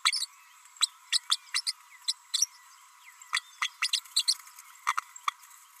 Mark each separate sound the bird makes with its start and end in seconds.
0.12-0.27, 1.12-1.19, 1.30-1.37, 1.54-1.61, 1.67-1.72, 2.08-2.13, 2.33-2.47, 3.33-3.41, 3.61-3.69, 3.92-4.00, 4.16-4.24, 4.87-4.93, 5.27-5.30